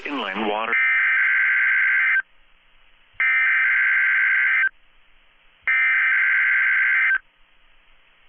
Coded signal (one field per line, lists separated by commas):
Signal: Emergency Alert System (SAME) tones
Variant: header bursts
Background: speech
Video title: Tests, Tests are everywhere. (EAS #845-#854)